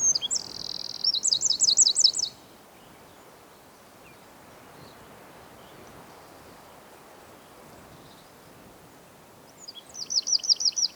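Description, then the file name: Eurasian wren song: a piercing high trill already under way that ends after about two seconds, a long gap of steady background hiss, then another rapid trill starting. "Troglodytes troglodytes"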